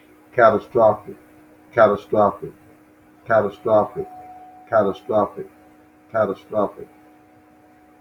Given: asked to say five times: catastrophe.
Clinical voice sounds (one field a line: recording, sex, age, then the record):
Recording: repeated word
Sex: male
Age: 40 to 49 years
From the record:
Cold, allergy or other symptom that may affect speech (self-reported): no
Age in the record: 46 years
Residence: Arkansas, United States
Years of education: 13